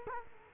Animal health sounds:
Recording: mosquito wingbeat signal from an infrared sensor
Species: Culex quinquefasciatus

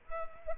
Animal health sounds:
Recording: mosquito wingbeat signal from an infrared sensor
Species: Culex quinquefasciatus

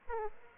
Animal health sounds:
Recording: mosquito wingbeat signal from an infrared sensor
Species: Aedes aegypti

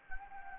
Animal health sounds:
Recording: mosquito wingbeat signal from an infrared sensor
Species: Anopheles gambiae

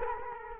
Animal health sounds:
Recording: mosquito wingbeat signal from an infrared sensor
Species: Culex quinquefasciatus

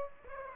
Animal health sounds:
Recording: mosquito wingbeat signal from an infrared sensor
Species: Aedes aegypti

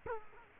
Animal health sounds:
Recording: mosquito wingbeat signal from an infrared sensor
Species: Culex quinquefasciatus

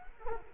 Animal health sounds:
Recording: mosquito wingbeat signal from an infrared sensor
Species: Culex quinquefasciatus

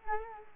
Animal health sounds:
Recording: mosquito wingbeat signal from an infrared sensor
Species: Culex quinquefasciatus

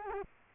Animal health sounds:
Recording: mosquito wingbeat signal from an infrared sensor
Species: Culex quinquefasciatus

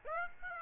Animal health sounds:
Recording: mosquito wingbeat signal from an infrared sensor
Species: Aedes aegypti

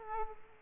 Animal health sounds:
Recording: mosquito wingbeat signal from an infrared sensor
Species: Aedes aegypti

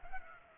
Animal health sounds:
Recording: mosquito wingbeat signal from an infrared sensor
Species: Culex pipiens

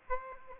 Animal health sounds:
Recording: mosquito wingbeat signal from an infrared sensor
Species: Aedes aegypti

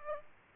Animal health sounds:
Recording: mosquito wingbeat signal from an infrared sensor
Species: Aedes aegypti

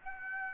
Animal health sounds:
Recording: mosquito wingbeat signal from an infrared sensor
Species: Aedes aegypti

